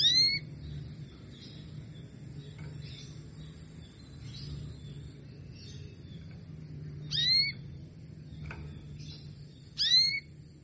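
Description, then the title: Canary giving three bright, sliding call notes, one at the start and two in the last few seconds, with a low background hum between them. Female Belgian canary sound, played to stimulate lazy males into singing and to warm up young canaries. "Canto Para Esquentar Canário Belga. SUARA KENARI BETINA AMPUH memancing jantan malas bunyi kenari paud jadi gacor"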